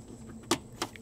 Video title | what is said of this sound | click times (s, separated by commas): 2000 - 2005 GM 2.2L Ecotec Fuel Pump Diagnosis & Replacement (Chevy Cavalier & Pontiac Sunfire) | it snaps in as well right lift that up so you guys can see and peek in there | 0.5 s